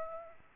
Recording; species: mosquito wingbeat signal from an infrared sensor; Aedes aegypti